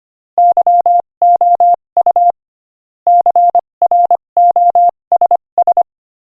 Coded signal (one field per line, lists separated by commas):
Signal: Morse code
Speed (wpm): 25 wpm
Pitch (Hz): 700 Hz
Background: none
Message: YOU CROSS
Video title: Morse Code Practice: 25 wpm Joke #17